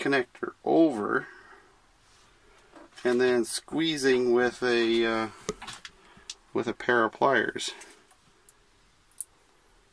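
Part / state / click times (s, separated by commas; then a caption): splice tap connector closing over a wire of a combine power harness / seated / 9.2 s. Someone talks while a plastic insulation-displacement splice tap connector is closed over a wire of a combine power harness, its U-shaped metal contact folded over the wire and its cover squeezed shut with a pair of pliers. A sharp click at 9.2 s marks the connector snapping closed and seating.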